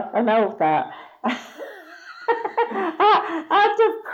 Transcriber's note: laughs